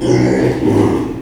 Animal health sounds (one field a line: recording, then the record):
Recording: squeal of a Yucatan mini pig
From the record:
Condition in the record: before surgery on the right vocal fold (resection and tissue-engineered implant)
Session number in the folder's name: 1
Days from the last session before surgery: -3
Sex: male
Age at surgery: 12 weeks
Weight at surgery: 13 kg